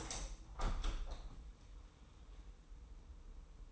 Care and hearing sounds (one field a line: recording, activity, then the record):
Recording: daily activity, microphone in the room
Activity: open window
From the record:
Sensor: 1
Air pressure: 990.4 hPa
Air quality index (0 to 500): 163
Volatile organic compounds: 1000 ppm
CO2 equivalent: 5923 ppm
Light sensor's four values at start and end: 20/45/20/21 and 21/47/20/22